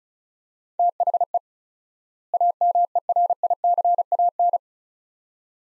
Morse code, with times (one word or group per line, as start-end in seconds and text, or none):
0.8-1.4 THE
2.3-4.6 AMERICAN